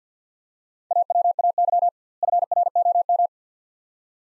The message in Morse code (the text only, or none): AWAY FROM